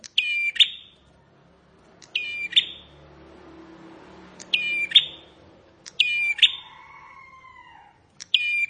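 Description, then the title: Bar-winged prinia giving five loud, strident chirping phrases at uneven intervals over a low hum, with a soft descending whistle from another bird near the end. "Ciblek Sawah"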